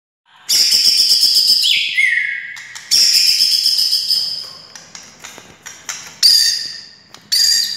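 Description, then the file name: White-rumped shama singing a long high sustained whistle that drops in pitch, followed by clicks and short bright phrases. Wild, native forest bird. "suara murai hutan asli"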